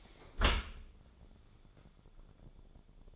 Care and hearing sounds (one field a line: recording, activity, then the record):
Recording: daily activity, microphone in the room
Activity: close dishwasher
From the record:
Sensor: 5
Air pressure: 1015.0 hPa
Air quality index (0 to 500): 127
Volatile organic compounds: 3 ppm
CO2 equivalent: 1371 ppm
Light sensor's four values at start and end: 38/90/37/40 and 37/89/36/40